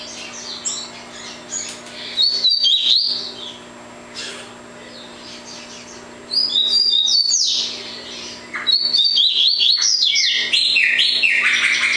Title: Canto Coleiro